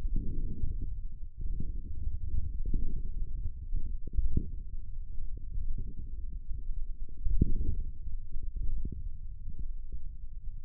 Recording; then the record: forearm muscle sounds (acoustic myography)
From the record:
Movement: finger pinch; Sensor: system 1, eight BSWA MPA416 microphones around the upper forearm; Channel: 5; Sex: female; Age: 20 years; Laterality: right